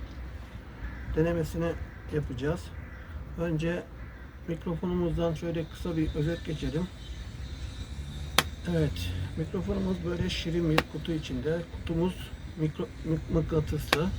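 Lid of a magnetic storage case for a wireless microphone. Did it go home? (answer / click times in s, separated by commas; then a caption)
yes / 8.4 s. The magnetic lid of the storage case for a Saramonic Blink 500 B2+ wireless lavalier microphone is closed, snapping shut with a single sharp click at 8.4 s, and the lid seats. Someone talks before and after the click.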